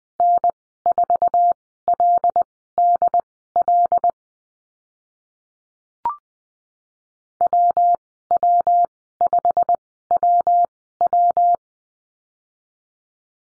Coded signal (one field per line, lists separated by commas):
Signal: Morse code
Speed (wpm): 20 wpm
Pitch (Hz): 700 Hz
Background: none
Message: N4LDL WW5WW